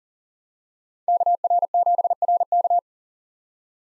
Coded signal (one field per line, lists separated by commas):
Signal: Morse code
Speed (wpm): 40 wpm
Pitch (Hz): 700 Hz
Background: none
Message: KR7RK